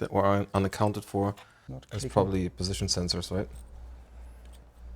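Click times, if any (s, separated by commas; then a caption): none. Someone talks while plugging a sensor wiring connector, possibly for a position sensor, into the engine harness socket during engine installation on a 2021 KTM 1290 Super Adventure S. After the talking stops, there is only a faint knock at about 4.5 s. The connector has not clicked in place yet.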